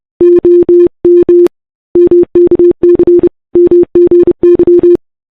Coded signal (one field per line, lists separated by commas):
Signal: Morse code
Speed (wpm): 29 wpm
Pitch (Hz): 340 Hz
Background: none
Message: OM MKC MGY